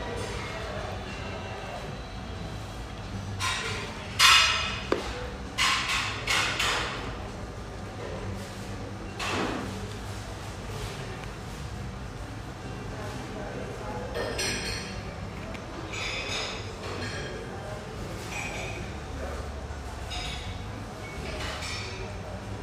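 A steady low hum fills an espresso house, with murmured voices running underneath throughout. Short bright clinks and knocks break through now and then, most clearly around four to seven seconds, again near nine and fifteen seconds, and scattered toward the end.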